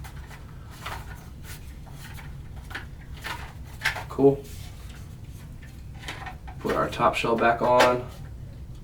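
The plastic top shell of a paintball loader is handled and brought toward the assembled middle layer of the loader body while someone talks. Light plastic knocks and rattles are heard, with brief handling sounds near 0.9, 2.8, 3.9 and 6.1 seconds. The clip ends before the shell goes home, so nothing has seated or clicked yet.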